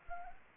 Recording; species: mosquito wingbeat signal from an infrared sensor; Anopheles arabiensis